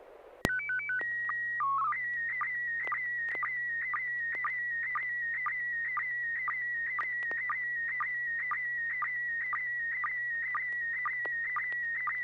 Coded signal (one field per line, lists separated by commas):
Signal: SSTV (slow-scan television)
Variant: PD 120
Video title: N6NA SSTV Net - 11/08/2023